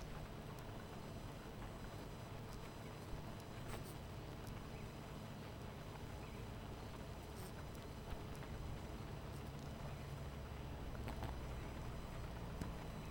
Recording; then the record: honeybee colony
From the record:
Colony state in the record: missing queen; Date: 14 July 2017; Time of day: 18:43